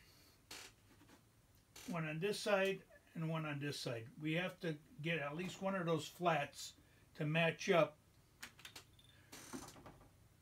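A snap-on part is turned to line up with the flats on a flatted shaft of a Toro Recycler mower before being pushed home. Someone talks, then a few small handling ticks are heard from about 8.4 to 9.9 seconds. Nothing has snapped in yet.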